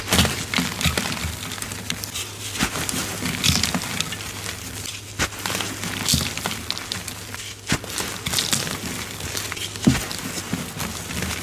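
Dry crunching and crinkling as powdery chalk and soap flakes are crushed and poured, a dense run of small gritty sounds with sharper snaps near 1, 5, 8 and 10 seconds. A low steady hum sits underneath throughout.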